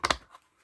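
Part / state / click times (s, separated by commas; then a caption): plastic accessory piece into toy figure base / seated / 0.1 s. A small plastic accessory piece is pushed onto the base of a Mattel Masters of the Universe Origins Stridor creature figure. Two sharp plastic clicks sound at 0.1 s and 0.1 s (0.05 s and 0.11 s), followed by a faint tap. The piece snaps into place and is seated.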